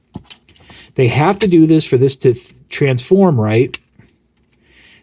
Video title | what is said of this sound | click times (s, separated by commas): Transformers Crossover Top Gun Maverick | are going to click into place right in that groove right there | 0.3 s